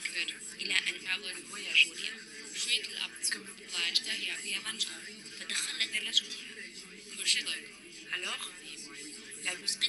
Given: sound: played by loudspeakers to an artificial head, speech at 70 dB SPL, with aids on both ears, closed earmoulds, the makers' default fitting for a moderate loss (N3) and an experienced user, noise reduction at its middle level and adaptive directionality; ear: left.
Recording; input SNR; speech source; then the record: speech test signal (ISTS) in cocktail-party noise; -6 dB; in front (0 degrees)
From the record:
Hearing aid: class 2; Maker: J